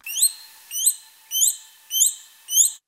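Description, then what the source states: Bat calls: five rising, upswept chirps spaced about every 0.6 seconds, each with layered harmonics, clean and regular. Mother bat calling to her pup in motherese, baby-talk calls that help pups learn; recorded in the jungle in Panama; slowed down.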